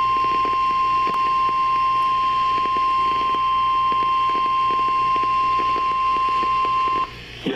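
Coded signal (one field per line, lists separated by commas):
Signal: Emergency Alert System (SAME) tones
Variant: 1050 Hz attention tone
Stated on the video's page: Live NOAA Weather Radio reception during a thunderstorm; power cord bumps sometimes interfered with the signal.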